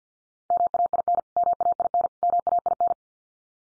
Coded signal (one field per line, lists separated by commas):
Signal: Morse code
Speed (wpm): 50 wpm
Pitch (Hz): 700 Hz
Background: none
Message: MAIN MAIN MAIN